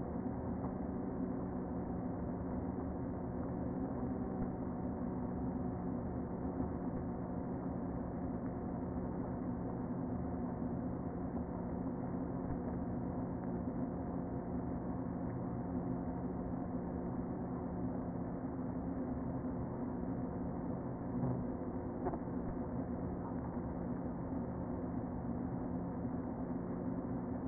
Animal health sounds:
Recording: honeybee colony, microphone inside the hive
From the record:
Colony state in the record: queen present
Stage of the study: before two queens were removed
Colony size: about 60,000 bees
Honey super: yes

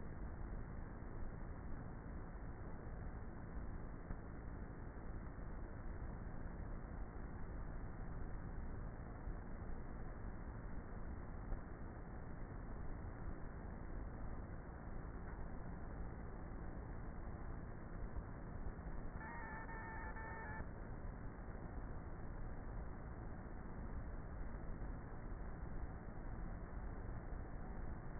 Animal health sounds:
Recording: honeybee colony, microphone inside the hive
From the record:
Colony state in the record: queenless with a low population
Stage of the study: before two queens were removed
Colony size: about 30,000 bees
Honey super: no

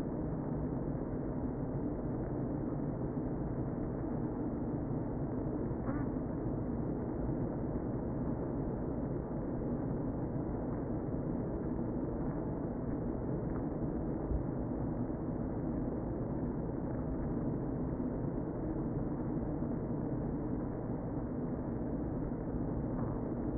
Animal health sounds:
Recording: honeybee colony, microphone inside the hive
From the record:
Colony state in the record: queen present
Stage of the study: before two queens were removed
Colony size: about 60,000 bees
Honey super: yes

